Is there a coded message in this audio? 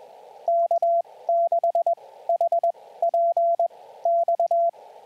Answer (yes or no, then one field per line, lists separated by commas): yes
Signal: Morse code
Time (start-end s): 0.5-4.7 s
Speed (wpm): 21 wpm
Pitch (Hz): 680 Hz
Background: radio noise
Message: K6HPX